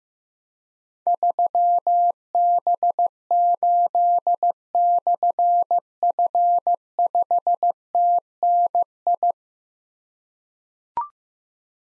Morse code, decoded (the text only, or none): 3B8/F5TNI